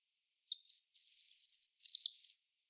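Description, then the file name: European robin song phrase: a thin high note, then a run of fast, high twittering notes and trills at an even pitch, with no other sounds. "Erithacus rubecula"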